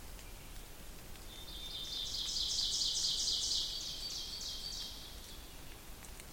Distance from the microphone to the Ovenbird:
about 35 m